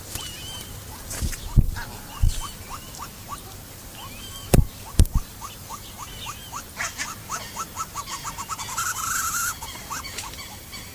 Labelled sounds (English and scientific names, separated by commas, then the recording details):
Andean Goose (Chloephaga melanoptera) call
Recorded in captivity
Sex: male
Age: adult
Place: Zoo Berlin, Berlin, DE
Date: 2008-08-12 14:42
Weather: overcast, ca. 23°C
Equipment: Sony WM-D6C, Sennheiser ME 80, Kopie Uher 4000 Report Monitor
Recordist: Tembrock, Günter